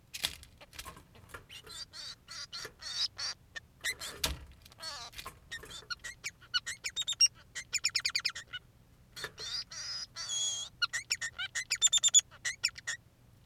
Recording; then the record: song of a male Bengalese finch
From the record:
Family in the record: son of father 3